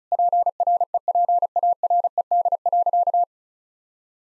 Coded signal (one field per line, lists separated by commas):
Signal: Morse code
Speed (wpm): 36 wpm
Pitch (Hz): 700 Hz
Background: none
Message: PREPARED.